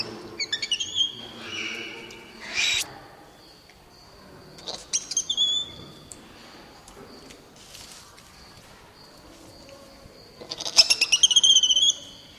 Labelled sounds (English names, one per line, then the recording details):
Black-handed Spider Monkey
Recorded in captivity
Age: adult
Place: Zoo Leipzig, Sachsen, DE
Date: 1981-04-02 12:15
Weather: sunny, ca. 14°C
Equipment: Nagra SN, Kopie Uher 4200
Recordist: Tembrock, Günter